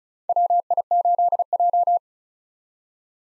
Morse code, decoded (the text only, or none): WI8J